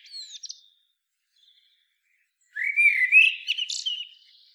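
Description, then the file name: Common blackbird song: a brief squeaky fragment, a silent gap, then a full mellow warbled phrase ending in high twitters. "Turdus merula"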